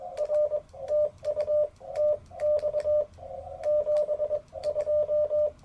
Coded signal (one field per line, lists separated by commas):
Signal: Morse code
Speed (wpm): 22 wpm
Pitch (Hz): 600 Hz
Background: radio noise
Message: R TU TX 72